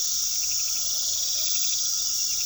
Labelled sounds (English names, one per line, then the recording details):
none
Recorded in pastures near Puerto Asís, Putumayo, Colombia, on 19 February 2024 at 22:00
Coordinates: 0.468, -76.328
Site G6414